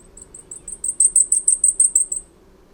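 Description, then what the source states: Blackpoll Warbler song: a very high, thin series of rapid ticking notes that swells in loudness through the middle, then stops abruptly. High-pitched song, played back from an archive recording.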